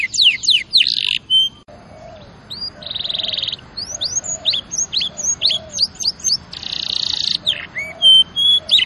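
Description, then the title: Canary song, a varied high run of rising whistled notes, rapid buzzy trills and short sweeping phrases, pausing briefly before resuming. Champion canary song used as a master recording for training other birds. "Masteran Kenari Juara"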